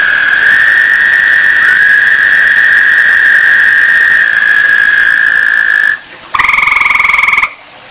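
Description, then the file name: Toad chorus of sustained, even, buzzy trills that hold steady for about six seconds. They break off, then a brief, higher, pulsing trill bursts in before dropping away. Recorded 1 May 2007. "20070501 batesline toads"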